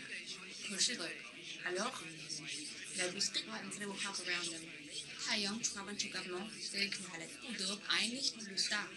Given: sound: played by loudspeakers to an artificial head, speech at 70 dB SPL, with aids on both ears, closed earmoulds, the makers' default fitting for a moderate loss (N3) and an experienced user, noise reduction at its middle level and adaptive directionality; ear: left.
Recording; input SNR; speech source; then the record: speech test signal (ISTS) in cocktail-party noise; +6 dB; on the right (90 degrees)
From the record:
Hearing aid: class 1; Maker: H